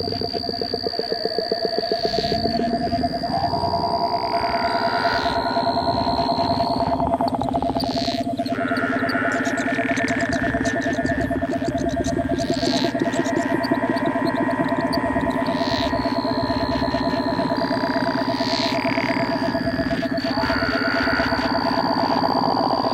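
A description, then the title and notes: A frog or toad trills in a fast, unbroken rattling pulse for the whole stretch, with thin high whining tones shifting above it. Every sound you hear on this is a frog or a toad.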